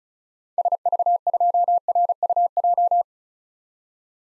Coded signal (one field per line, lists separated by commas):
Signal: Morse code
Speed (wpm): 36 wpm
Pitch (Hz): 700 Hz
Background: none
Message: SV2RUJ